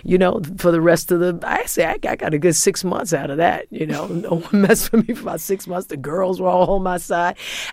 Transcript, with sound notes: And, you know, for the rest of the - I'd say I got a good six months out of that, you know.
(SOUNDBITE OF LAUGHTER)
No one messed with me for about six months. The girls were all on my side.